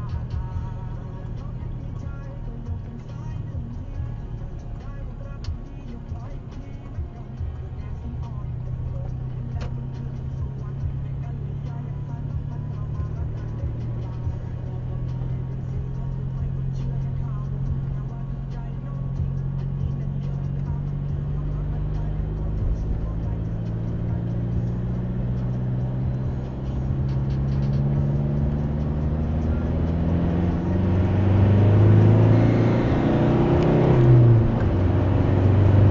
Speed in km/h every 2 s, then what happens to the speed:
27, 31, 32, 31, 29, 25, 26, 28, 32, 36, 36, 37, 41, 44, 52, 58, 69, 84.
0-5 steady at about 31. 5-11 slows to 25. 11-36 speeds up to 84.